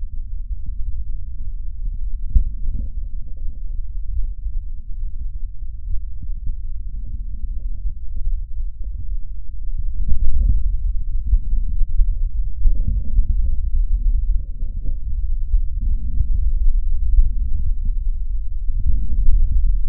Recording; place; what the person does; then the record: lung sounds by stethoscope; right anterior apical chest; quiet breathing, then deep breathing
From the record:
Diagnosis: COPD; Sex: male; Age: 85 years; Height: 183 cm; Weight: 88 kg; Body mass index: 26.3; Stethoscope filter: bell mode